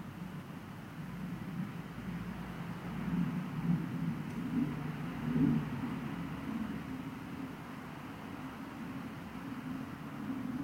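Ambient sound recorded from a home window: a steady low rumble of traffic, most likely passing cars, fills the whole clip. The hum swells slightly between three and six seconds, peaking near five and a half, then settles back to an even drone.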